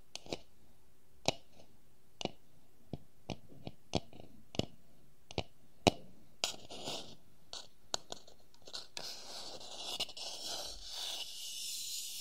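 Wooden objects tap in sharp, irregular knocks about once a second, then give way to rougher scratching and scraping toward the end.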